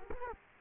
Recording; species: mosquito wingbeat signal from an infrared sensor; Culex quinquefasciatus